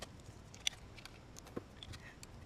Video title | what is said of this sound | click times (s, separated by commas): How To Change The Coil Packs And Spark Plugs On A Porsche Cayenne | Now slide on the coil pack wiring connectors. You should hear them click into place. | 0.7 s